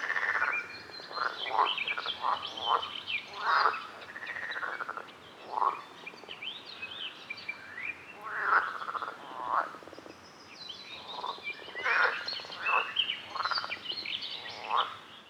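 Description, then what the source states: Frogs giving rasping, pulsed croaks in irregular bursts. Frogs at a lake.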